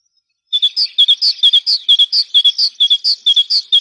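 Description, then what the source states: Great tit song, a rapid, steady string of bright two-note phrases, a high note alternating with a lower one, repeated about twice a second without pause. Training recording used to teach songbirds.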